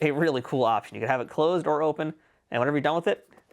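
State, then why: Not seated. A man talks while handling the magnetic tab of a flip-open front flap on a cardboard toy figure display box, which can be left open or closed. The clip ends before the flap closes, so the magnet has not snapped shut yet.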